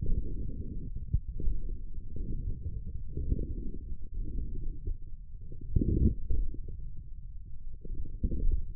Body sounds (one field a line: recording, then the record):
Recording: forearm muscle sounds (acoustic myography)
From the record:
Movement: wrist flexion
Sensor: system 1, eight BSWA MPA416 microphones around the upper forearm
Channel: 6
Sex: male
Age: 42 years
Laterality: right